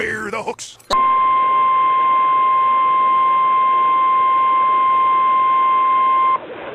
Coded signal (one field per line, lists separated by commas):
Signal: Emergency Alert System (SAME) tones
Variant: 1050 Hz attention tone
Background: speech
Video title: Emergency Alert System cuts off spongbob